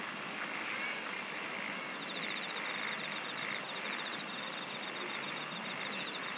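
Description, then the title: Insect chorus of regular high-pitched buzzy bursts roughly once per second, a steady whining tone, and a beaded trill that starts partway through. "SINGING OF INSECTS"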